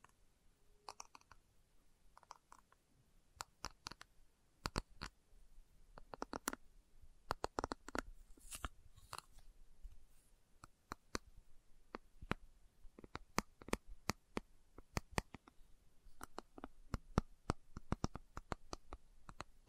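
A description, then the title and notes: Slow tapping: sharp, clicky taps arrive one or two at a time with short quiet gaps between them. Around eight to nine seconds and again after fifteen seconds they come in quicker little runs, some ringing slightly brighter, over a faint low hiss. ASMR Slow Tapping for Deep Sleep (No Talking).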